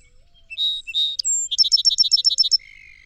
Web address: songs 169 Song Sparrow